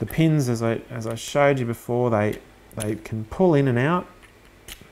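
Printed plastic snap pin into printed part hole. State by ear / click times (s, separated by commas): not seated / none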